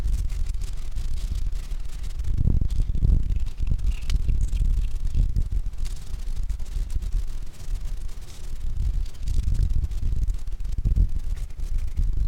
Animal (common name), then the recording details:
Great Reed Warbler. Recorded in the wild. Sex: male. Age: adult. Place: Müggelsee, Berlin, DE. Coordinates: 52.43, 13.64. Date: 1990-05-01 17:45. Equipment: Uher 4400 Report Monitor, Sennheiser ME 80, K 30 AV. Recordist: Fischer, Stefan